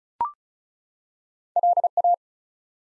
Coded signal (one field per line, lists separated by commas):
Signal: Morse code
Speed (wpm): 36 wpm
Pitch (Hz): 700 Hz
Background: none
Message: LA